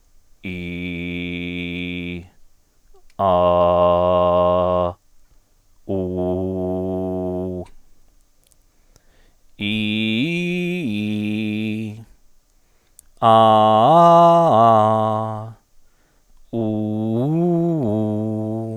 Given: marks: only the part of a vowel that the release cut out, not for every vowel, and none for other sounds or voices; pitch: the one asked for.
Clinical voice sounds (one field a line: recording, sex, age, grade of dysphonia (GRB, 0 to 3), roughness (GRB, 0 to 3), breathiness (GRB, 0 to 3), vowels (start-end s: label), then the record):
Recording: sustained vowels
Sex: male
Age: 40 to 49 years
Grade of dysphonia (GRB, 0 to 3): 0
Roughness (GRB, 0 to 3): 0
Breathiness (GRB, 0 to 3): 0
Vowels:
0.55-2.05 s: vowel /i/, low pitch
3.39-4.74 s: vowel /a/, low pitch
6.01-7.50 s: vowel /u/, low pitch
9.79-11.70 s: vowel /i/, low-high-low pitch
13.39-15.20 s: vowel /a/, low-high-low pitch
16.68-18.59 s: vowel /u/, low-high-low pitch
From the record:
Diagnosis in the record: healthy voice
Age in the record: 45 years